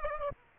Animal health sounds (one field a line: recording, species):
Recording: mosquito wingbeat signal from an infrared sensor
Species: Aedes aegypti